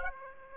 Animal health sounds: mosquito wingbeat signal from an infrared sensor; Aedes aegypti

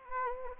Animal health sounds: mosquito wingbeat signal from an infrared sensor; Anopheles gambiae

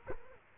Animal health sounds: mosquito wingbeat signal from an infrared sensor; Culex quinquefasciatus

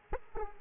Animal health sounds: mosquito wingbeat signal from an infrared sensor; Aedes aegypti

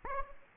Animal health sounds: mosquito wingbeat signal from an infrared sensor; Aedes aegypti

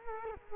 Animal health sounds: mosquito wingbeat signal from an infrared sensor; Culex quinquefasciatus

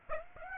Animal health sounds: mosquito wingbeat signal from an infrared sensor; Aedes aegypti

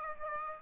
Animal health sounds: mosquito wingbeat signal from an infrared sensor; Aedes aegypti

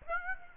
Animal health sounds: mosquito wingbeat signal from an infrared sensor; Aedes aegypti

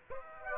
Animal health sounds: mosquito wingbeat signal from an infrared sensor; Aedes aegypti

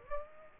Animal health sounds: mosquito wingbeat signal from an infrared sensor; Aedes aegypti

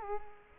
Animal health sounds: mosquito wingbeat signal from an infrared sensor; Culex quinquefasciatus

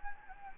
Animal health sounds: mosquito wingbeat signal from an infrared sensor; Anopheles gambiae

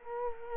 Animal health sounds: mosquito wingbeat signal from an infrared sensor; Culex quinquefasciatus

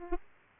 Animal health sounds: mosquito wingbeat signal from an infrared sensor; Aedes aegypti

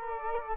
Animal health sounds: mosquito wingbeat signal from an infrared sensor; Culex quinquefasciatus

